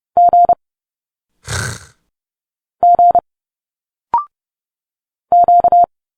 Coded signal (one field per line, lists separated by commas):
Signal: Morse code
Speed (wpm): 30 wpm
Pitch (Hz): 700 Hz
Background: none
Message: G G Q